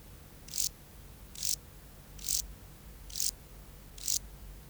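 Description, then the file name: Euchorthippus pulvinatus grasshopper song: five short, very high, dry buzzing bursts, each about a fifth of a second and repeated roughly once a second, over a quiet low rumble. "Euchorthippus pulvinatus"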